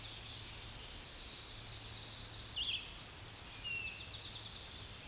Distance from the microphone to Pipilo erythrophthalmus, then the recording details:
about 35 m. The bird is about 10 m below the microphone. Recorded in a Pennsylvania forest on 16 May 2024 at 09:51. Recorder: AudioMoth, point MSD-1893. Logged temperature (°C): 16.6 °C. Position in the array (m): 3 m, 44 m